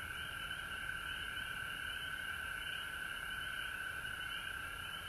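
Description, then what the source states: Many frogs calling at once, a continuous bright ringing tone plus a wavering higher chorus layer, steady throughout. Recorded at home in Georgia on March 19, 2020.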